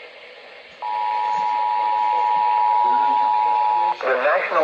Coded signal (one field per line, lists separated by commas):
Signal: Emergency Alert System (SAME) tones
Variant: 853 and 960 Hz attention tone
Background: speech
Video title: The spirit is coming back!!! EAS Alerts from 6/22/19 (EAS #2,786 - 2,809)